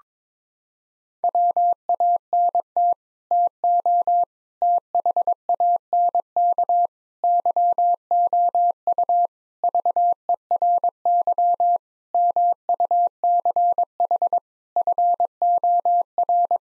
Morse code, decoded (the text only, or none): WANT TO THANK YOU VERY MUCH FOR